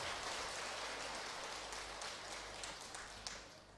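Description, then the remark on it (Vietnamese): An audience at a morning Buddhist meditation retreat applauds to welcome Most Venerable Thích Bửu Chánh, in a dense, steady wash of many hands clapping, with faint crisp claps standing out, the sound holding fairly even before tapering slightly at the end. “Xin toàn thể đại chúng hãy dâng cao một tràng pháo tay.”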